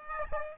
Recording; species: mosquito wingbeat signal from an infrared sensor; Aedes aegypti